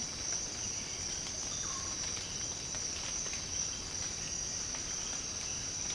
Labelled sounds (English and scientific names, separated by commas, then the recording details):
none
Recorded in secondary vegetation near Puerto Asís, Putumayo, Colombia, on 19 March 2025 at 06:30
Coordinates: 0.502, -76.326
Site G100